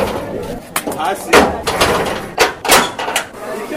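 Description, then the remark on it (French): A padlock is bashed off the door of the house where Mohamed Selemani lived, in front of neighbours, judges and police: a series of loud, irregular metallic strikes and clanks over about four seconds, with voices murmuring underneath. “Ce bruit est celui d'un cadenas qu'on est en train de détruire sur la porte de la maison dans laquelle vivait Mohamed Selemani, et cela se fait devant les voisins, les juges et les policiers”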